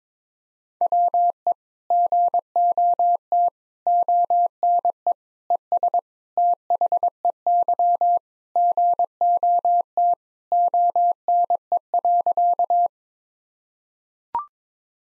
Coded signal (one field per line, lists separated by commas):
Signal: Morse code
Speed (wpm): 22 wpm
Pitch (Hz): 700 Hz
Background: none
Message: WE GOT ONE ES THEY GOT ONE.